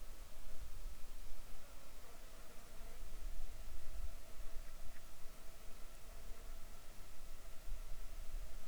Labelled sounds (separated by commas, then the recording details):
insects
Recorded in the Arctic National Wildlife Refuge, Alaska, on 7 July 2019 at 19:02
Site 41